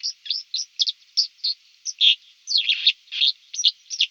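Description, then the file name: White-throated dipper singing a dense, rapid string of high scratchy notes, buzzy trills and sharp warbles, barely pausing through the phrase. "Golosa ptic - Olyapka Cinclus cinclus"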